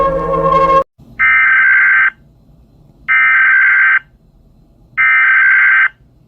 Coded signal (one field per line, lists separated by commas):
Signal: Emergency Alert System (SAME) tones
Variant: header bursts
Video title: Mr increíble perturbado - Escuchas la alarma de este país/EAS ALARM Parte 15 #easalarm